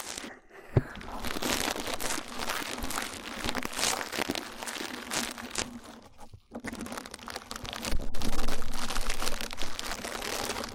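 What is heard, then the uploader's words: Rough ear cleaning, heard as dense crackling, rubbing and crinkling scrapes that run almost without pause. A sharp knock lands near the start, and a brief near-silent gap falls around six seconds. A low steady hum sits underneath, and the scraping grows louder after eight seconds. ASMR Rough Ear Cleaning (No Talking).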